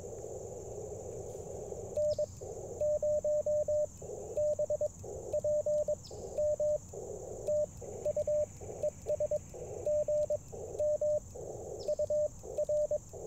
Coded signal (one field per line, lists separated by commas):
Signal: Morse code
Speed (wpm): 22 wpm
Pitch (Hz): 590 Hz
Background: radio noise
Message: N0BPM TU ES GM UR